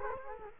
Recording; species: mosquito wingbeat signal from an infrared sensor; Culex quinquefasciatus